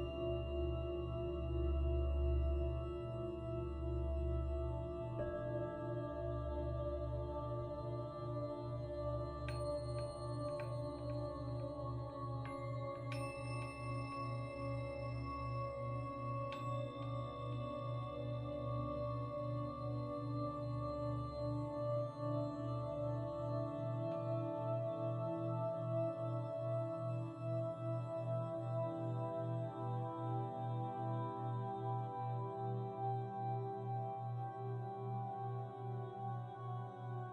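Buddhist chanting hums steadily as a low, droning chorus held throughout the recording, with a deep rumble underneath that thins out after about twenty-four seconds. Bright bell strikes ring out around nine to seventeen seconds, each tone lingering and slowly fading.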